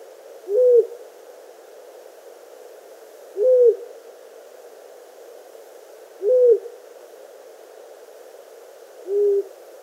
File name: Long-eared Owl